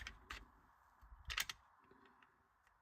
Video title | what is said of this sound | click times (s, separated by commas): Reassembling the Mossberg Shockwave. #Guns. #Shotguns. #Shooting. #newgun | You can see you heard that click. | 1.4 s